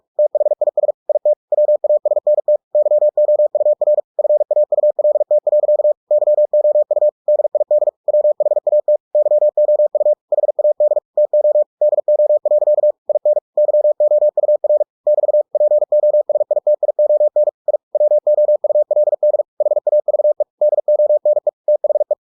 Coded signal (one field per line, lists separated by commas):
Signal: Morse code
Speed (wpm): 46 wpm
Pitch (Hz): 600 Hz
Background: none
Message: THIS IT WASNT YOUR FAULT. YOU DID WHAT YOU HAD TO DO. IN YOUR <BT> POSITION I WOULD HAVE DONE THE